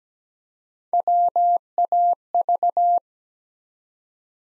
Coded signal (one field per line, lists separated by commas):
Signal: Morse code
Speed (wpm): 17 wpm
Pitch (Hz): 700 Hz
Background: none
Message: WAV